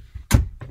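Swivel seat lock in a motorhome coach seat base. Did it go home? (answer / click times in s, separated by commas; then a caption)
yes / 0.3 s. A motorhome coach seat is swiveled round with its handle until the swivel seat lock in the seat base locks into place. A sharp metallic clunk is heard at 0.3 s, followed by a fainter knock around 0.6 s, and the seat is locked in place.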